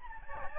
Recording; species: mosquito wingbeat signal from an infrared sensor; Aedes albopictus